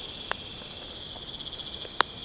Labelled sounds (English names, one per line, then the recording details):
none
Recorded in pastures near Puerto Asís, Putumayo, Colombia, on 23 June 2025 at 23:00
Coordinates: 0.496, -76.326
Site GP01